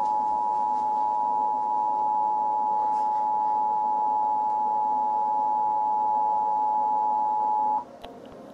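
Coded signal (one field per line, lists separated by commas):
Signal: Emergency Alert System (SAME) tones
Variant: 853 and 960 Hz attention tone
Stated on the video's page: Tornado warning alert tones used as background audio in a short student film.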